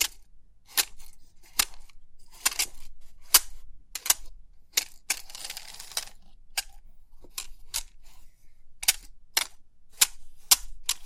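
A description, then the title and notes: Crisp pin art clicks and taps arrive one at a time, sharp and bright, spaced irregularly about once or twice a second. Around the fifth second a softer, denser rustling of shifting pins fills the gap. A faint low hum sits underneath throughout. Crisp 3D Pin Art Tingles(No Talking).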